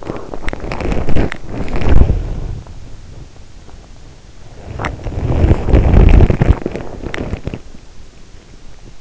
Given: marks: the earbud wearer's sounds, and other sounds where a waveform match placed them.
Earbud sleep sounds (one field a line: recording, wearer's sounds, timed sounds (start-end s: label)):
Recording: sounds in sleep by an in-ear microphone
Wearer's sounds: body movement, teeth grinding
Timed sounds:
0.00-2.98 s: body movement
0.41-2.12 s: teeth grinding
4.80-7.79 s: body movement